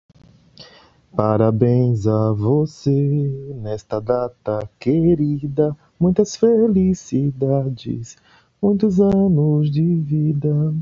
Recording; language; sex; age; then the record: short text; Brazilian Portuguese; male; 40 to 49 years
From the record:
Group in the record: control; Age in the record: 43 years